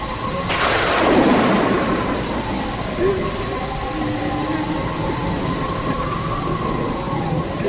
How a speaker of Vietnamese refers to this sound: Rồi đến khuya, trời bỗng sấm chớp nổi lên liên hồi rạ rỡ, và tiếp sau là một trận mưa gió bão bùng